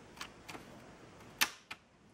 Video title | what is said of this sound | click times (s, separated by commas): MSI Laptop - How to Upgrade SSD to 2TB M.2 - Notebook Hard Drive Replacement | you hear that noise that it's like Snapped in already | 1.7 s